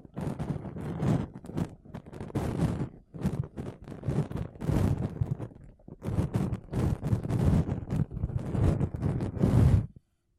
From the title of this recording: Mic Brushing Using Makeup Brushes and Sponge